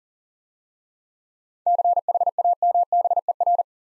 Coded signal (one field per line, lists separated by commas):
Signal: Morse code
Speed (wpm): 42 wpm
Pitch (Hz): 700 Hz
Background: none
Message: CHAMBER